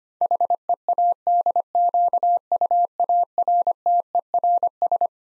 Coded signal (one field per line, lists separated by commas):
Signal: Morse code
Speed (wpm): 25 wpm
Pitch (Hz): 700 Hz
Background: none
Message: HEADQUARTERS